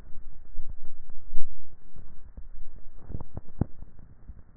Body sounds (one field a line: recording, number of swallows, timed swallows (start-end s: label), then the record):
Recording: swallowing sounds by neck microphone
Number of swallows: 1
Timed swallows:
2.05-2.62 s: swallow
From the record:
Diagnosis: dysphagia